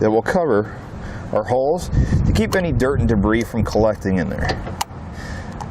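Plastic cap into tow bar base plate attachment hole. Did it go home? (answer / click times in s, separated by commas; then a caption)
yes / 5.6 s. Someone talks as a plastic dust cap is pushed into a receiver hole on a Demco Tabless tow bar base plate on a 2014 Ford Edge, to keep dirt and debris out of the hole. A short snap at 5.6 s marks the cap seating in place.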